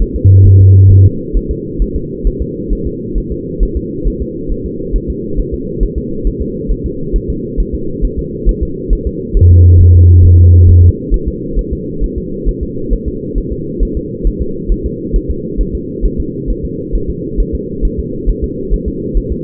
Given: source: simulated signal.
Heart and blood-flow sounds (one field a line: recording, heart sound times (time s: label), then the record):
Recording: fetal heart sounds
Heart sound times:
0.02 s: S1
0.16 s: S2
0.47 s: S1
0.61 s: S2
0.91 s: S1
1.06 s: S2
1.37 s: S1
1.51 s: S2
1.82 s: S1
1.96 s: S2
2.27 s: S1
2.42 s: S2
2.73 s: S1
2.87 s: S2
3.18 s: S1
3.32 s: S2
3.63 s: S1
3.77 s: S2
4.07 s: S1
4.22 s: S2
4.52 s: S1
4.66 s: S2
4.96 s: S1
5.10 s: S2
5.39 s: S1
5.54 s: S2
5.83 s: S1
5.98 s: S2
6.27 s: S1
6.42 s: S2
6.71 s: S1
6.86 s: S2
7.16 s: S1
7.30 s: S2
7.60 s: S1
7.75 s: S2
8.05 s: S1
8.19 s: S2
8.49 s: S1
8.63 s: S2
8.93 s: S1
9.07 s: S2
9.37 s: S1
9.51 s: S2
9.81 s: S1
9.95 s: S2
10.25 s: S1
10.39 s: S2
10.69 s: S1
10.84 s: S2
11.14 s: S1
11.28 s: S2
11.59 s: S1
11.73 s: S2
12.04 s: S1
12.18 s: S2
12.48 s: S1
12.63 s: S2
12.93 s: S1
13.08 s: S2
13.38 s: S1
13.52 s: S2
13.83 s: S1
13.97 s: S2
14.27 s: S1
14.42 s: S2
14.72 s: S1
14.86 s: S2
15.16 s: S1
15.30 s: S2
15.61 s: S1
15.75 s: S2
16.05 s: S1
16.20 s: S2
16.50 s: S1
16.65 s: S2
16.95 s: S1
17.10 s: S2
17.40 s: S1
17.55 s: S2
17.85 s: S1
17.99 s: S2
18.29 s: S1
18.44 s: S2
18.73 s: S1
18.88 s: S2
19.17 s: S1
19.32 s: S2
From the record:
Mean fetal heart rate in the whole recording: 135 bpm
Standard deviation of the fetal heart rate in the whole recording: 3 bpm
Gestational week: 36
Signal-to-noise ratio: -6.6 dB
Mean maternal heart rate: 72 bpm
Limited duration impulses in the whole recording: present